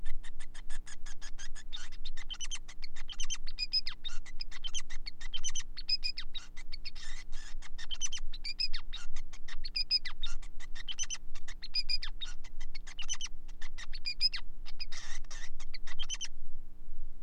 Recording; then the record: song of a male Bengalese finch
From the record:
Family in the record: son of father 5